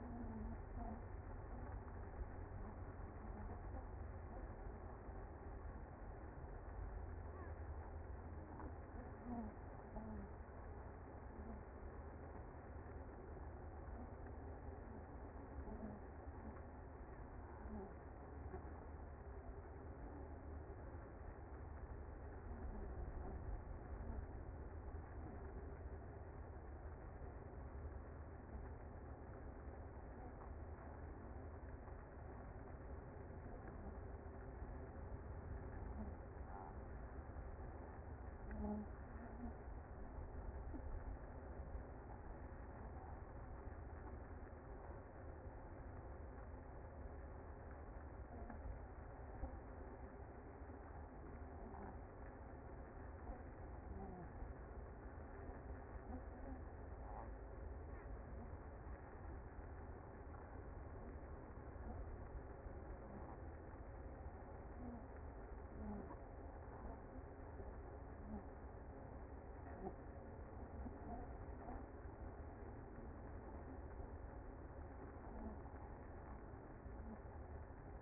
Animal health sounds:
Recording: honeybee colony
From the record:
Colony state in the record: active

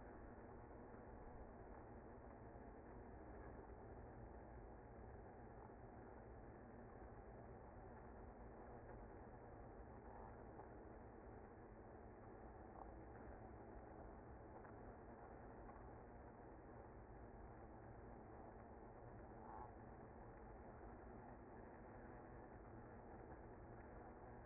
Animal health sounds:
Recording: honeybee colony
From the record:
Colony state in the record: active

